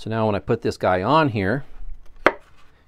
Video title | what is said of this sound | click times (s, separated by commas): Balsa USA Smoothie RC Plane Kit Build No 35, Monokote the FUSELAGE | you can kind of hear it snap on and hopefully with the screw this will be nice and sturdy here and | 2.3 s